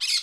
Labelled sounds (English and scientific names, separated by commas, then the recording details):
Brown-throated Parakeet (Eupsittula pertinax) contact call
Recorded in Curacao
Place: Hoffi Jan Thiel
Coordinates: 12.094, -68.877